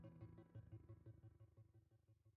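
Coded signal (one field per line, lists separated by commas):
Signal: none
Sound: notes in background guitar music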